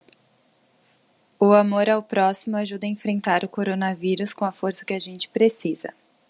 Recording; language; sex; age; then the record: spoken sentence; Brazilian Portuguese; female; 20 to 29 years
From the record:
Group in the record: control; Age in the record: 24 years